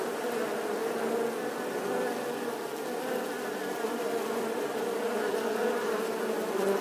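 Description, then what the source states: Honey bees humming together in a swarm, a steady, dense buzzing drone. Bee swarm buzzing outside the hive.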